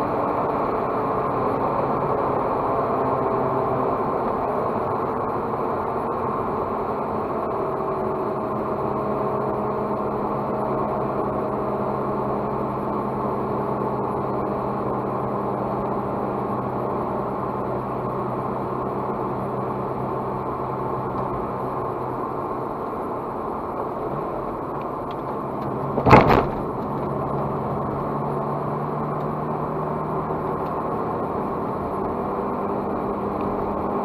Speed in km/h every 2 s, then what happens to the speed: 92, 85, 77, 66, 62, 61, 61, 60, 60, 60, 60, 61, 55, 55, 53, 65, 67.
0-8 brakes to 62. 8-22 steady at about 60. 22-28 slows to 53. 28-34 speeds up to 67.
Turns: none.